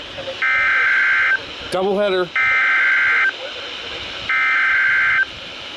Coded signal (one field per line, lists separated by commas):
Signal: Emergency Alert System (SAME) tones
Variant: header bursts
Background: speech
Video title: 2025's Final Haul to EAS 3000 | EAS Alerts From 12/28/2025 (EAS #2,994-3,019)